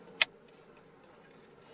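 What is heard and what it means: A USB cable connector, with its clip facing up, is plugged back into the back of the radio/screen infotainment module of a 2014–2015 Ford Fiesta. A single sharp click is heard at 0.2 s, followed by quiet background. The connector is seated.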